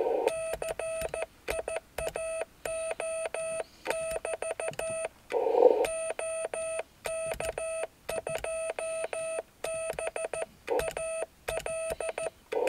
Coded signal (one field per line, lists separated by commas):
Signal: Morse code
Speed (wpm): 14 wpm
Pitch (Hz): 650 Hz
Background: none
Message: CIAO<BT> OK2BAL